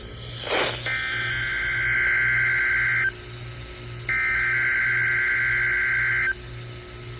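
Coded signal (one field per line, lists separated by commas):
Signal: Emergency Alert System (SAME) tones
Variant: header bursts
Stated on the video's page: Required Weekly Test on a NOAA Weather Radio station, recorded at a school.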